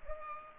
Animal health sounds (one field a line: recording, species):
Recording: mosquito wingbeat signal from an infrared sensor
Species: Culex pipiens